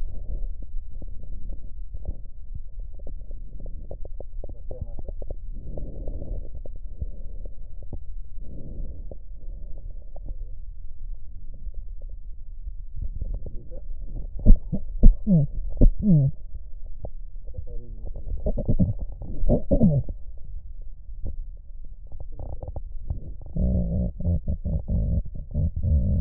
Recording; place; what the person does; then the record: lung sounds by stethoscope; left posterior apical chest; quiet breathing, then cough and speech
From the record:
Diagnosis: COPD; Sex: female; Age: 72 years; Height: 156 cm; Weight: 72 kg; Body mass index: 29.6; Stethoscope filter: extended mode